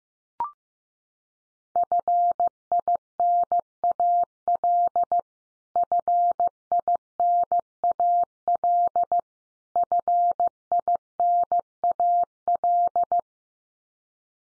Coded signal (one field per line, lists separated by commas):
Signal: Morse code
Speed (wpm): 15 wpm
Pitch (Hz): 700 Hz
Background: none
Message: FINAL FINAL FINAL